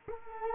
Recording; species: mosquito wingbeat signal from an infrared sensor; Culex quinquefasciatus